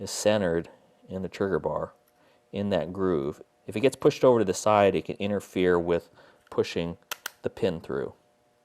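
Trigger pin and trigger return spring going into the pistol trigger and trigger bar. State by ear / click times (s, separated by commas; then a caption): not seated / none. Someone talks while handling a pistol's trigger pin and trigger return spring during trigger installation; the spring sits centered in its groove in the trigger bar, because if it gets pushed to the side it can interfere with pushing the pin through the trigger and trigger bar. Only speech is heard, with short pauses between phrases. Nothing has seated or clicked into place yet.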